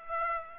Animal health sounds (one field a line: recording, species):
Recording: mosquito wingbeat signal from an infrared sensor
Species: Aedes aegypti